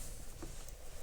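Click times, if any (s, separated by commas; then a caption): none. After a new air filter is installed on a 2015 Volkswagen Jetta TSI 1.8L, a small hose connector is handled and pushed toward the plastic engine air filter housing, with steady low background noise and a brief faint high tick around 0.7 s. Nothing has seated or clicked yet.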